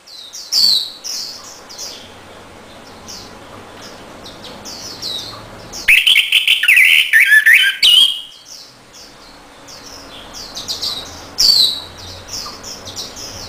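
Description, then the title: Orange-headed thrush singing a rich, warbled whistled phrase of about two seconds, with steady high chirping from other small birds before and after. Song used to lure and stimulate a silent orange-headed thrush into singing. "Anis Merah Macet.. Pancing Dengan Suara Ini.."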